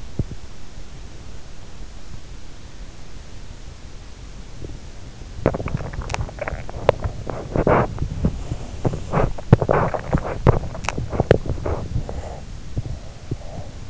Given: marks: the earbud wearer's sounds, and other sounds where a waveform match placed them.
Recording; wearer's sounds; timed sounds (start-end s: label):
sounds in sleep by an in-ear microphone; teeth grinding, breath, body movement
0.00-0.78 s: teeth grinding
0.78-3.71 s: breath
3.71-12.98 s: body movement
11.95-13.90 s: breath